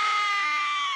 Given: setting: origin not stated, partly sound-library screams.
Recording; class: one-second piece from a danger detection set; woman in danger